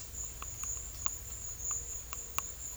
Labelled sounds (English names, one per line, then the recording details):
none
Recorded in secondary vegetation near Puerto Asís, Putumayo, Colombia, on 21 December 2024 at 12:00
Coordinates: 0.488, -76.319
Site GP04